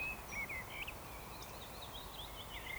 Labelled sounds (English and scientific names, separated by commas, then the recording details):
Eurasian Woodcock (Scolopax rusticola) whistle
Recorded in Baden-Württemberg, Germany, on 14 June 2020 at 19:29 UTC
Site 43791, 788 m above sea level